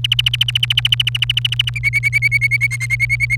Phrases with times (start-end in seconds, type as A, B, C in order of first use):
0.04-1.70 A, 1.76-3.36 B